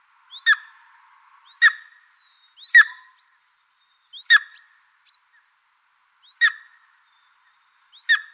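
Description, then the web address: Golden eagle giving six sharp, spaced yelping calls against a quiet background. Male. "Schulze Peter Golden Eagle male"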